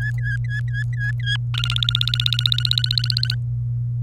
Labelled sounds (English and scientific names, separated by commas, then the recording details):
Domestic Canary (Serinus canaria) song
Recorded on 27 April 2018 at 06:35
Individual llb3